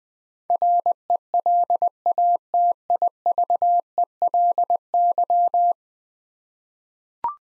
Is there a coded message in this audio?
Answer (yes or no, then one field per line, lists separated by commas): yes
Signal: Morse code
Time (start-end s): 0.5-5.7 s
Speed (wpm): 20 wpm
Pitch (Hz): 700 Hz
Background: none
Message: RELATIVELY